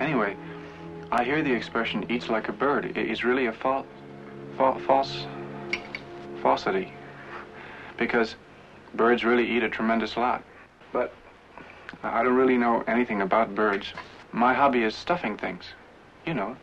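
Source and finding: Adult male actor, film dialogue. Stuttering (acted).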